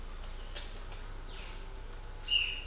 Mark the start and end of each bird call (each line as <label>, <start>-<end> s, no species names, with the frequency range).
bird call (2.0-6.1 kHz), 2.25-2.64 s